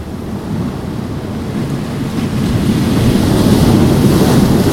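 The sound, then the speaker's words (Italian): A steady roar of sea waves washes onto the shore at Giampilieri. It is a broad rushing hiss that swells louder partway through, with a faint windy rumble underneath and no voices. “Adesso chiudo gli occhi, ascolto il mare di Giampilieri e torno un po' nella mia quiete interiore.”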